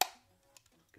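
A release button on a Canon A1 camera's motor drive accessory is pushed, and the lock drops down and latches with a single loud, sharp click at 0.0 s, then rings off quickly. A few faint small taps follow around 0.6 s and 0.9 s, and the lock is seated.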